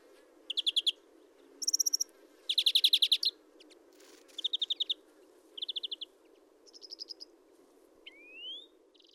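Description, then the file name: European greenfinch calling in short trilled bursts around a high pitch, several separate rattles spaced over the seconds, ending with a single rising whistled note. "Chloris chloris"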